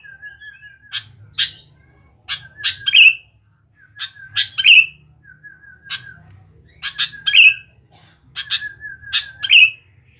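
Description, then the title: Sooty-headed bulbul giving lively chirping phrases, clusters of crisp notes finishing in a falling slur, with a thin level tone recurring between them and a faint low rumble. "Kutilang"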